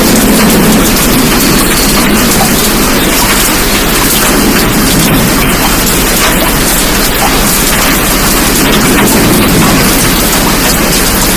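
A night of steady rain: a dense, unbroken hiss of drops fills the whole stretch, loud. Small splashes and taps sparkle through it, and a low rumble sits underneath throughout, like thunder or heavy runoff.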